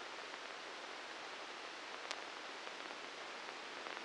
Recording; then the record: brain microelectrode recording played as sound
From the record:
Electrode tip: inside the subthalamic nucleus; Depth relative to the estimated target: 0 mm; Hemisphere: left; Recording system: NeuroSet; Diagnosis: Parkinson's disease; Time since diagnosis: 13 years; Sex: male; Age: 63 years